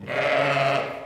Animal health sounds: contact call of a hoofed animal; sheep; low-frequency (closed-mouth) or high-frequency (open-mouth) call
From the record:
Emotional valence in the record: negative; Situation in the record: short social isolation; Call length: 1.07 s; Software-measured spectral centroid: 1920 Hz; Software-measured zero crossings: 2130 a second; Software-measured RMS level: -24 dBFS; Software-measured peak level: -9 dBFS

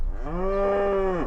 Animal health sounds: contact call of a hoofed animal; cattle; low-frequency (closed-mouth) or high-frequency (open-mouth) call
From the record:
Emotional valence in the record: negative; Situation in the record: full separation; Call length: 1.27 s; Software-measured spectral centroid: 910 Hz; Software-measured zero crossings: 830 a second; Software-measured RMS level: -24 dBFS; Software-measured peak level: -13 dBFS

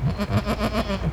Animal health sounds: contact call of a hoofed animal; goat; low-frequency (closed-mouth) or high-frequency (open-mouth) call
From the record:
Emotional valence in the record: negative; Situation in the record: short social isolation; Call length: 1.12 s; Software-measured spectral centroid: 2070 Hz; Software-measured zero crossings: 1390 a second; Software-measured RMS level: -24 dBFS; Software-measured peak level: -10 dBFS

